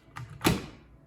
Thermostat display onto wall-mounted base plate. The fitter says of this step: looks like there's just prongs just kind of clicks in place